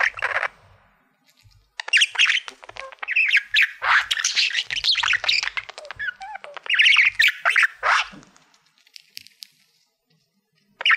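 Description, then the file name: Budgerigar warbling chatter, a long run of rapid squawks, clicks and chirps with a quiet gap near the end. "Budgie Sounds Khoshhal"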